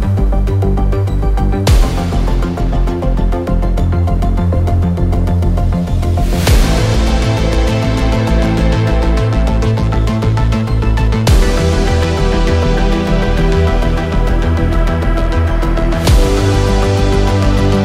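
Epic orchestral music plays at a steady, full loudness, with deep sustained low tones and a bright crashing hit roughly every five seconds.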